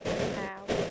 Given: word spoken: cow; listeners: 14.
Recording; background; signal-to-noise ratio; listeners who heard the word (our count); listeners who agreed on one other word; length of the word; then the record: one English word in noise, from a listening test; noise modulated by three-talker babble; -7.7 dB; 4 of 14; 6 of 14; 0.50 s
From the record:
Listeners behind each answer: 6, 4, 2, 1, 1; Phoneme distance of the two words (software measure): 10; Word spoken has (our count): 1 syllable, 2 phonemes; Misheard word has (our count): 1 syllable, 2 phonemes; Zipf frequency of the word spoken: 4.44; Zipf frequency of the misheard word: 6.33